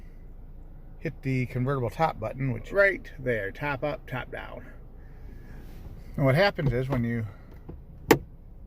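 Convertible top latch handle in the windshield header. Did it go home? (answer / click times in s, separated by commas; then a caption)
released / 8.1 s. On a 2022 Mustang Premium Convertible with the 4-cylinder turbo, someone talks about the convertible top button, then twists the convertible top latch handle in the windshield header. The latch releases with a sharp clunk at 8.1 seconds, unlocking the top.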